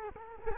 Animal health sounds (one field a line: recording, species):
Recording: mosquito wingbeat signal from an infrared sensor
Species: Culex quinquefasciatus